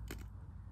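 A removable filling key, inserted at about a 30° angle in line with the unlock symbol, is pushed in and up into the filling link of a Worcester Bosch combi boiler. Two short, quiet clicks sound at 0.1 s and 0.2 s over a low steady hum. The key engages twice and is seated.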